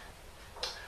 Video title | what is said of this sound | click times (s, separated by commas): Longworth Type 2 | so just as with the other ones they snap right in turn it over | 0.6 s